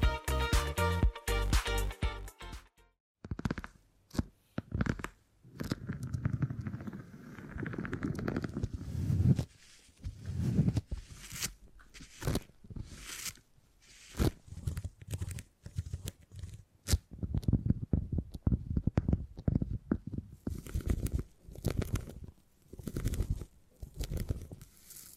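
Beeswax is handled with sticky, crackling and tapping sounds that come in quick irregular bursts and clusters, separated by short silences. The opening three seconds carry a brighter, patterned rattle before the soft crackles and thumps take over, with occasional sharp clicks.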